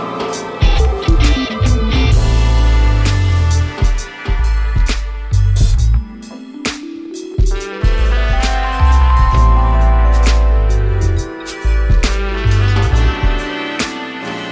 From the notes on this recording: Montreal sound